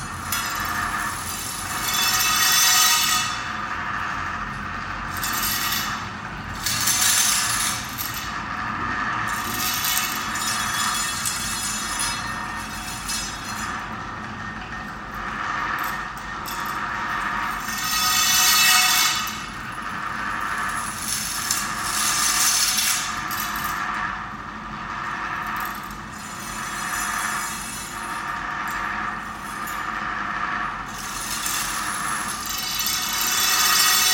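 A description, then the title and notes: An electric engine drives a continuous grinding, rubbing noise, as if metal bars and stone fragments are being churned together. The sound stays dense and mid-to-bright, swelling into harsher, brighter surges every few seconds over a low, steady rumble. Metal bars, stone fragments, electric engine.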